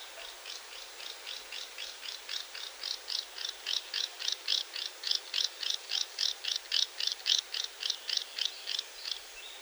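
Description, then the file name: Great snipe display song, a steady run of rapid, dry clicking and bibbling pulses, high-pitched and continuing throughout. "Dupel lesnoj"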